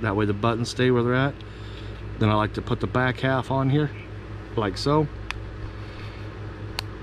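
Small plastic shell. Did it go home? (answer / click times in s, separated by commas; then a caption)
yes / 5.3 s, 6.8 s. Someone talks while the plastic back half of a 2020 Nissan Altima 5-button smart key fob is placed onto its front half, which is lying face down, and squeezed after the battery change. Two sharp snaps sound at 5.3 s and 6.8 s as the plastic shell halves click together and seat.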